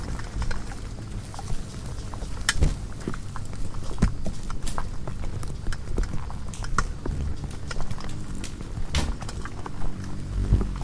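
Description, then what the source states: Insects around a bulb give a busy, restless texture of tiny ticks and louder thuds for about eleven seconds, backed by a constant deep hum. Hundreds of bugs frantically congregating at night around the only light source, a porch bulb on a savannah wildlife ranch in South Africa, November 2016; miniature omni, lampshade-mounted and cardioid microphones, Zoom F8 recorder.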